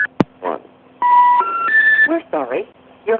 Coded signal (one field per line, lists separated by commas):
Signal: telephone call progress tone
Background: speech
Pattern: special information tone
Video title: 15 Min Vintage Telephony Audio. Raw Progress Tones, Mechanical Relay Clicks & Legacy Carrier Bleed